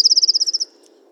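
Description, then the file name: Eurasian blue tit trill, a rapid run of high, evenly spaced notes lasting under a second, then quiet with faint low background noise. Recorded 31 October 2018. "Cyanistes caeruleus 311018"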